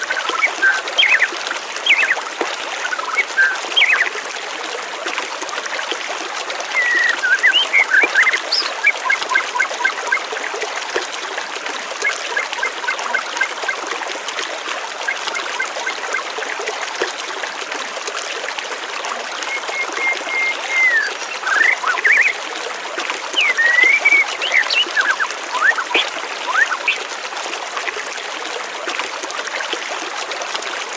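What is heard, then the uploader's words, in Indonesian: Water runs steadily through the whole recording, a dense, bright hiss with no breaks. Bird calls rise over it now and then, short whistled notes and chirps clustering around 2–3 seconds, 7–8 seconds, 20–22 seconds and 24–25 seconds. Kumpulan suara air dan kicauan burung.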